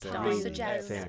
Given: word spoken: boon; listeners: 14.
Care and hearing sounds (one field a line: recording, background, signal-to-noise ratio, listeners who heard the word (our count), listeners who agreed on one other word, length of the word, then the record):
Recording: one English word in noise, from a listening test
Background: four-talker babble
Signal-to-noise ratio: -1.2 dB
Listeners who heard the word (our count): 0 of 14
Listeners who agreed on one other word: 7 of 14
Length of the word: 0.69 s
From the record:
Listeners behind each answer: 7, 3, 1, 1, 1, 1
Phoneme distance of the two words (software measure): 51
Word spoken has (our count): 1 syllable, 3 phonemes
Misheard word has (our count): 2 syllables, 6 phonemes, stress on syllable 2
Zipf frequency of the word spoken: 2.97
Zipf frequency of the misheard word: 4.63